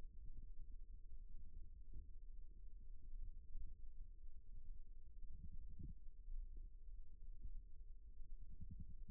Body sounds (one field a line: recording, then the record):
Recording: forearm muscle sounds (acoustic myography)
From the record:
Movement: rest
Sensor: system 1, eight BSWA MPA416 microphones around the upper forearm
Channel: 8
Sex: male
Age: 41 years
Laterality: right